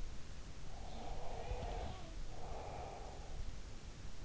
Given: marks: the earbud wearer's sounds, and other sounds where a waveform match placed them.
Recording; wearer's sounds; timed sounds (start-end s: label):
sounds in sleep by an in-ear microphone; breath
0.60-3.38 s: breath
1.04-2.25 s: sound from someone else or the room